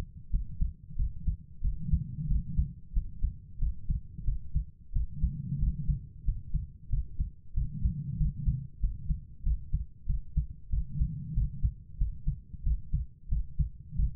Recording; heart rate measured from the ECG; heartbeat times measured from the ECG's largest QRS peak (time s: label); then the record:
heart sounds by stethoscope; 92 bpm
0.29 s: heartbeat
0.95 s: heartbeat
1.60 s: heartbeat
2.26 s: heartbeat
2.92 s: heartbeat
3.57 s: heartbeat
4.23 s: heartbeat
4.91 s: heartbeat
5.58 s: heartbeat
6.23 s: heartbeat
6.88 s: heartbeat
7.53 s: heartbeat
8.16 s: heartbeat
8.79 s: heartbeat
9.42 s: heartbeat
10.05 s: heartbeat
10.69 s: heartbeat
11.33 s: heartbeat
11.97 s: heartbeat
12.62 s: heartbeat
13.27 s: heartbeat
13.94 s: heartbeat
From the record:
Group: healthy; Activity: rest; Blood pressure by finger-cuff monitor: 115/73 mmHg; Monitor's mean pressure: 88 mmHg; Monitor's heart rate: 92 bpm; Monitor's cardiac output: 7.2 L/min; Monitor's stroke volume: 77 mL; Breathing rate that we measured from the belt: 20 breaths a minute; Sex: female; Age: 32 years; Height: 172 cm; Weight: 71.7 kg